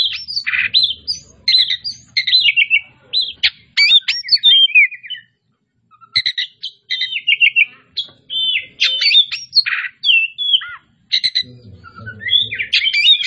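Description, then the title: Oriental magpie-robin song: loud, varied whistled phrases with rapid buzzy trills and sliding notes, pausing briefly midway before resuming. Magpie-robin of the 'Tretes' type, described as 'gacor', meaning singing vigorously and nonstop. "Kacer Tretes"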